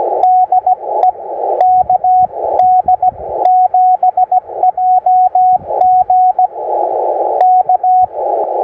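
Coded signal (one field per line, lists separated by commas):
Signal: Morse code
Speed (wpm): 17 wpm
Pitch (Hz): 740 Hz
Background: radio noise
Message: DE KD7JG K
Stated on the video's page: 17 wpm CW POTA activation on 40, 20, 15 and 10 m, using a Xiegu G90, a CWMorse SP4 and an EFHW inverted vee antenna.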